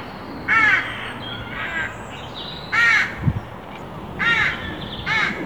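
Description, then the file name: Carrion crow giving several harsh caws, some louder and some softer, with a brief low knock midway. "Corvus corone"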